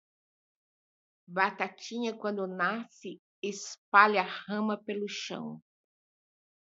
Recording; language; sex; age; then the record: short text; Brazilian Portuguese; female; 60 to 69 years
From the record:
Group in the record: control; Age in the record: 65 years